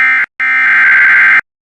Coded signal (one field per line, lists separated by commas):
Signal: Emergency Alert System (SAME) tones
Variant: header bursts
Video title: EAS Alerts 6908-6961 During Spring Break From 04/13-19/25